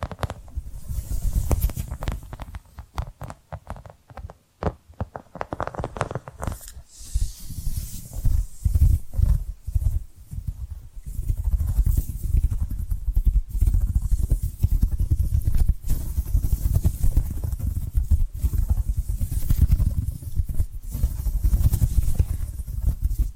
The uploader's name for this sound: Hypnotic Tapping & Scratching Sounds